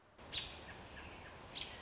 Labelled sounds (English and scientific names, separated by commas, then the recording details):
American Robin (Turdus migratorius)
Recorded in Sonoma County, California